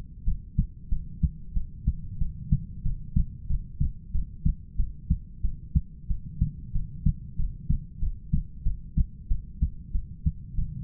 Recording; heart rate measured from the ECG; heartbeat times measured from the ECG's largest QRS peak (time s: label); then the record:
heart sounds by stethoscope; 93 bpm
0.25 s: heartbeat
0.90 s: heartbeat
1.54 s: heartbeat
2.19 s: heartbeat
2.83 s: heartbeat
3.48 s: heartbeat
4.13 s: heartbeat
4.77 s: heartbeat
5.42 s: heartbeat
6.08 s: heartbeat
6.73 s: heartbeat
7.37 s: heartbeat
8.00 s: heartbeat
8.64 s: heartbeat
9.29 s: heartbeat
9.93 s: heartbeat
10.56 s: heartbeat
From the record:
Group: heart failure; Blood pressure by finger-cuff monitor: 86/51 mmHg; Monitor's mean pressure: 63 mmHg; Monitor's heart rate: 94 bpm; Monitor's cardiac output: 8 L/min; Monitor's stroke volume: 86 mL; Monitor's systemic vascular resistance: 530 dyn s/cm5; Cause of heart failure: ischemic heart disease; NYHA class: 1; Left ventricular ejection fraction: 38%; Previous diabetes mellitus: present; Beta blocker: bisoprolol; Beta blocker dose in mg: 15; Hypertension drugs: sacubitril-valsartan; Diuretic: furosemide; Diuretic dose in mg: 20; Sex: male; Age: 33 years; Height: 172 cm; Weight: 78.5 kg